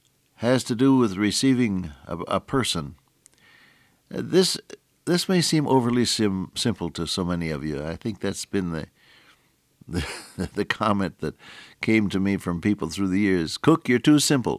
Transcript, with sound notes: has to do with receiving a person. This may seem overly simple to so many of you. I think that’s been [chuckle] the comment that came to me from people through the years. “Cook, you’re too simple.”